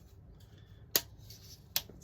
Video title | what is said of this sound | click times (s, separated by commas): Thermal Hunter build log part 7 | That snaps into place there. | 1.0 s, 1.8 s